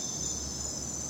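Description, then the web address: Crickets chirping in a steady, continuous high-pitched trill with no break. At night. "the sound pack tree. night crickets and birds"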